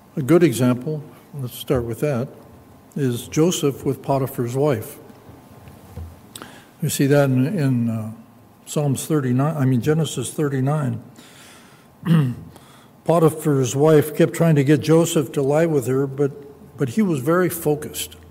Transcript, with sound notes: A good example, let's start with that is Joseph with Piper's wife. We see that in in Psalms 39, I mean Genesis 39. [clears throat] Piper's wife kept trying to get Joseph to lie with her, but but he was very focused.